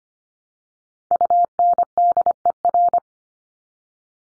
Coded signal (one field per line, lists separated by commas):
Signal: Morse code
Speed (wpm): 25 wpm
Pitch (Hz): 700 Hz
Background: none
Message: UNDER